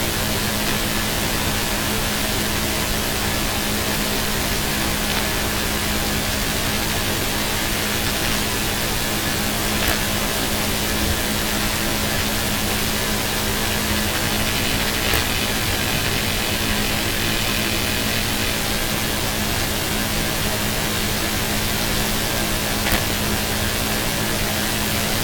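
A steady hum and hiss from the power grid, recorded as a magnetic storm begins. A dense, unchanging wash of noise sits over a low, fixed drone, with faint clicks near 10, 15 and 23 seconds. Loudness stays level throughout.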